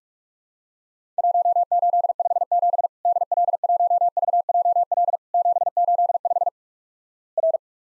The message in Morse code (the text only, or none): 1857 DL1VJL 785 R